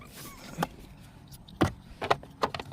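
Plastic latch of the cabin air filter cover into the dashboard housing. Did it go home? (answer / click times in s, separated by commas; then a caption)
no / none. The plastic latch of the cabin air filter housing cover on a Tesla Model 3/Y is handled and the cover is pushed up toward the dashboard housing during a carbon air filter install. Short handling knocks and taps are heard around 0.6, 1.6, 2.1 and 2.4 seconds over a low background. Nothing has seated or clicked yet.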